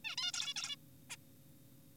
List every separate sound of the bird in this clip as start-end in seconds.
0.05-0.16, 0.18-0.32, 0.34-0.54, 0.56-0.76, 1.10-1.16